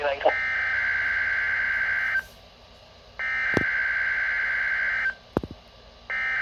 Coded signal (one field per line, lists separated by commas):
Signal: Emergency Alert System (SAME) tones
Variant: header bursts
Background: speech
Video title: WXK97 JOINS THE TEST... (2/9/22) (EAS #836-838)